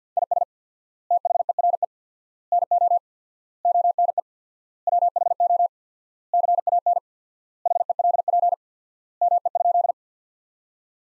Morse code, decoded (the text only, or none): IS THERE NO ONE WHO CAN HELP ME?